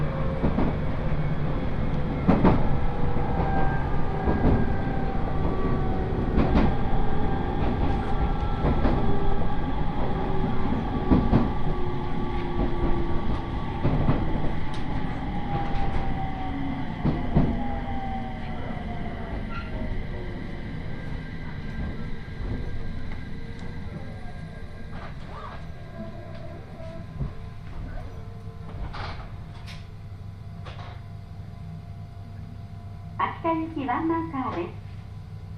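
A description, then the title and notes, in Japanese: Inside a crowded train car, a steady low rumble of wheels and motor fills the scene while passengers murmur. A tone slides gradually downward over the first twenty seconds as the train slows, then the noise settles quieter, with scattered clicks and brief voices near the end. 耳で楽しむ鉄道旅 羽越本線 羽後本荘→秋田。今度は桂根駅を通過する列車なので１つ停車駅が少なくなります。羽後本荘で沢山乗車しているので車内が混雑しています。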